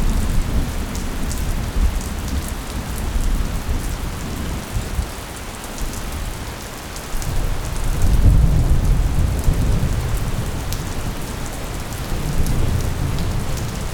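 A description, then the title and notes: Steady rain falls throughout a thunderstorm, a dense hiss with scattered drop ticks in the upper range. Low rumbling swells underneath, strongest around eight seconds and again near the end, while the rain stays fairly constant. Thunderstorm Ambience.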